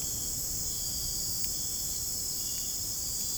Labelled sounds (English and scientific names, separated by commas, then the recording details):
none
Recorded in dense forest near Puerto Asís, Putumayo, Colombia, on 29 June 2025 at 01:30
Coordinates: 0.503, -76.323
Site G059